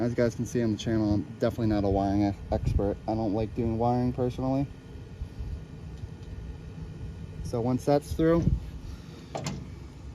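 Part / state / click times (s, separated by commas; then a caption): crimped wire terminal into plastic wiring connector housing / seated / 9.4 s, 9.5 s. Someone talks while a crimped wire terminal is pushed through into a weatherproof plastic connector housing for a 21-inch Nilight light bar wiring harness. Two short clicks at 9.4 s and 9.5 s mark the terminal locking into place, seated.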